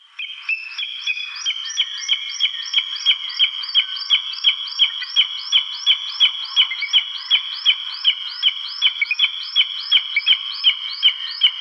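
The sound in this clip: Booted eagle giving a long, steady series of sharp, metallic notes with a bright ringing quality, repeated about three times per second without a break.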